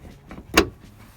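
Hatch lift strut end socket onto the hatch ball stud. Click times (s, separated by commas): 0.6 s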